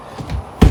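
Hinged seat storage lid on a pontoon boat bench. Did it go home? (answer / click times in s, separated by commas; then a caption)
yes / 0.6 s. The hinged lid of a storage compartment under the bench seating of a 2021 Harris 230 Cruiser pontoon boat is lowered, with soft rubbing and shuffling before it. At 0.6 s the hinges lock into place with a short, sharp sound, and the lid is seated nice and secure.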